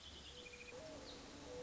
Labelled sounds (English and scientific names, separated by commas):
Mourning Dove (Zenaida macroura)